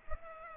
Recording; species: mosquito wingbeat signal from an infrared sensor; Culex pipiens